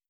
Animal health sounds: hydrophone in a shrimp aquaculture tank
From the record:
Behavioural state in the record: starved

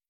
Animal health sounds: hydrophone in a shrimp aquaculture tank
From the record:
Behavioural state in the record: feeding

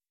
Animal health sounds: hydrophone in a shrimp aquaculture tank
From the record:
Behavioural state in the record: weakened

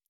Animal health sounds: hydrophone in a shrimp aquaculture tank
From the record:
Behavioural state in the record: normal

